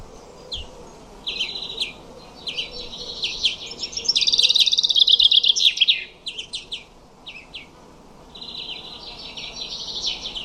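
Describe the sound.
Common chaffinch song: a loud, fast descending trill of sharp notes ending in a flourish, around the middle, with fainter similar phrases and chirps before and after.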